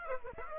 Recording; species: mosquito wingbeat signal from an infrared sensor; Aedes aegypti